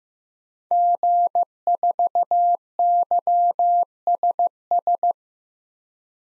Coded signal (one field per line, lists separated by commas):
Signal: Morse code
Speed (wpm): 15 wpm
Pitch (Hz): 700 Hz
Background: none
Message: G4YSS